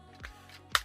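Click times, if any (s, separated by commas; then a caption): 0.8 s. The legs of a plastic transforming action figure are folded in during transformation and snap into their tabs on the figure body. A faint tap at 0.3 s is followed by a sharp, bright click at 0.8 s over a low, steady tonal background. The click confirms everything is tabbing into place.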